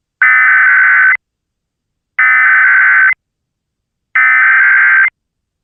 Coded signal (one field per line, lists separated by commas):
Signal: Emergency Alert System (SAME) tones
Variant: header bursts